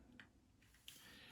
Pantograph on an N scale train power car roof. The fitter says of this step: And it does actually have a positive click, where it positively clicks into place.